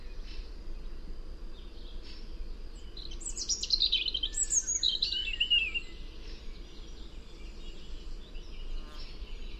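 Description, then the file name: European robin singing a cascading phrase of very high thin notes dropping in pitch, lasting a few seconds amid low background hum. "Erithacus rubecula"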